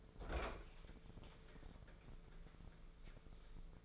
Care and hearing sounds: daily activity, microphone in the room; open fridge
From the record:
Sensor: 5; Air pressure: 1014.9 hPa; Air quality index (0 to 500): 175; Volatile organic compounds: 6 ppm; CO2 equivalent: 1926 ppm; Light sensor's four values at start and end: 51/120/50/52 and 56/132/55/58

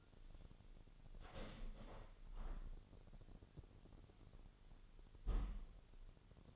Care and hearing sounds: daily activity, microphone in the room; open window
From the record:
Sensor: 4

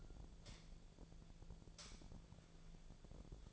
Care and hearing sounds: daily activity, microphone in the room; light on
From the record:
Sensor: 5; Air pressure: 1009.8 hPa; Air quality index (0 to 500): 159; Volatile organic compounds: 4 ppm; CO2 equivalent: 1547 ppm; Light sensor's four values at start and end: 149/381/159/169 and 149/382/159/169

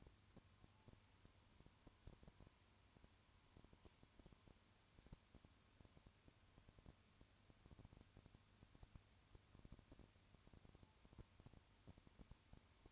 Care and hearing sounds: daily activity, microphone in the room; no activity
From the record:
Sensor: 2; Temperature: 20.3 degrees Celsius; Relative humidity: 35.6%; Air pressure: 1000.9 hPa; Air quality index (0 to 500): 197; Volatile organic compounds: 5 ppm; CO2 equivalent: 1736 ppm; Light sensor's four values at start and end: 2/3/2/2 and 2/3/2/2

